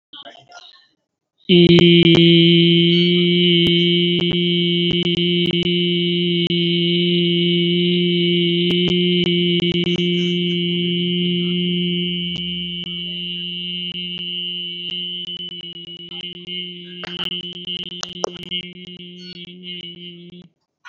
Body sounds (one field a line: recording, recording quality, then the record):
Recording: sustained vowel as in beet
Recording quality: moderate, slight background noise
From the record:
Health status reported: healthy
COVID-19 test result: not tested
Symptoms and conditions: none ticked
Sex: male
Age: 39 years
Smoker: not ticked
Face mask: worn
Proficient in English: yes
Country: India